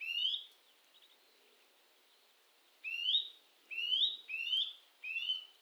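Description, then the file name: Eurasian nuthatch calls, loud rising whistled notes, one near the start, then four after a pause of more than two seconds. "Sitta europaea"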